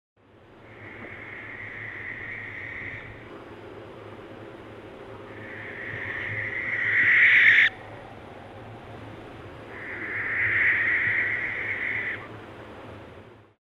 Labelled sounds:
Western Barn Owl (Tyto alba)
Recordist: Tembrock, Günter
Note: Rufe

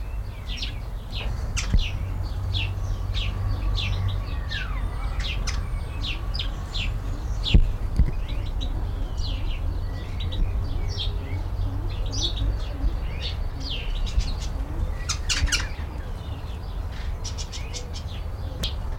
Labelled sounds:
Yellow-throated Laughingthrush (Garrulax galbanus) call
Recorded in captivity
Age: adult
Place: Tierpark Berlin, Berlin, DE
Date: 1994-04-08 12:16
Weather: sonnig, 5°C
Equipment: Marantz CP 430, Sennheiser ME 80, Kopie Uher Variocord 263
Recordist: Tembrock, Günter

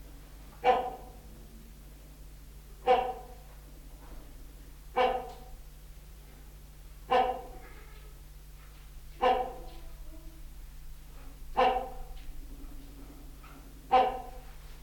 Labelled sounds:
Great Hornbill (Buceros bicornis) call
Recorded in captivity
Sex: male
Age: adult
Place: Zoo Berlin, Berlin, DE
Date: 1995-04-01 11:41
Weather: bedeckt - heiter, 6 - 8°C, böiger Wind
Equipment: Marantz CP 430, Sennheiser ME 80, Kopie Uher Variocord 263
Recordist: Tembrock, Günter
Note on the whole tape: Männchen: Rufreihe. Zwischen der Hornvogelaufnahme

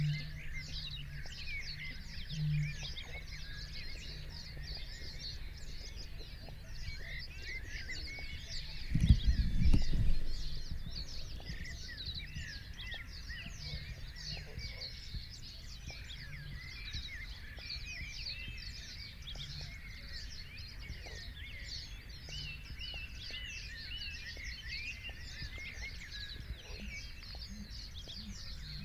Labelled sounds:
Great Bittern (Botaurus stellaris)
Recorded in the wild
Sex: male
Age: adult
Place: Kützerhof, Kummerower See, Mecklenburg-Vorpommern, DE
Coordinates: 53.8525, 12.8656
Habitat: wetland
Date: 2008-05-15
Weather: klare Nacht, zunehmender Halbmond, 9°C, windstill
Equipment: Sound Devices 702, Sennheiser MKH 70, Windkorb
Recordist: Frommolt, Karl-Heinz

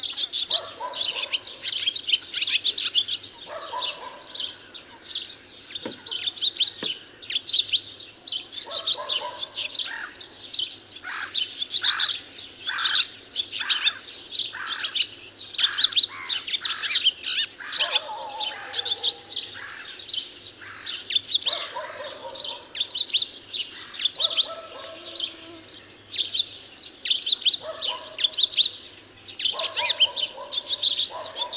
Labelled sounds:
Barn Swallow (Hirundo rustica) song
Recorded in the wild
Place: Lütow, Insel Usedom, Mecklenburg-Vorpommern, DE
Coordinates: 54.032, 13.888
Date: 1975-06-13 13:15
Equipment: Nagra III BH, Sennheiser MD 21, parabola
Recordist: Schubert, Michael

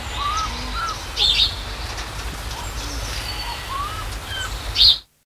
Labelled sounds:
Common Pheasant (Phasianus colchicus) call
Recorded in captivity
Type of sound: call
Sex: female
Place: Zoo Osnabrück, Niedersachsen, DE
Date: 1974-03-14
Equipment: Halbspur, 9,5 cm/s
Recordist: Lütgens, Hans
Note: Rufe

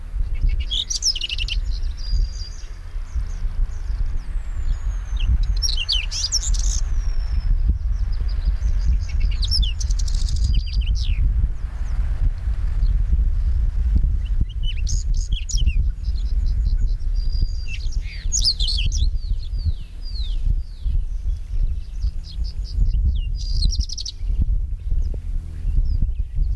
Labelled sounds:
Whinchat (Saxicola rubetra) song
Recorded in the wild
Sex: male
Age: adult
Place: Bötzow - Krämer, Brandenburg, DE
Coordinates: 52.6736, 13.0725
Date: 1997-05-18 14:17
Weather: sunny, 27°C, partly gusty winds
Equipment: Sony MD-WM MZ-R3, Sennheiser MKH 416 T, Kopie Uher 4000 Report Monitor
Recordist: Tembrock, Günter

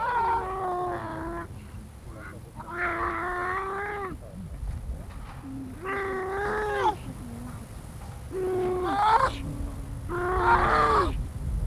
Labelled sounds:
Grey Seal (Halichoerus grypus) call
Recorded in captivity
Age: juvenile
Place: Zoo Rostock, Mecklenburg-Vorpommern, DE
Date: 1962-05-06 10:00
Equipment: Minifon, Kopie Smaragd
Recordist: Tembrock, Günter

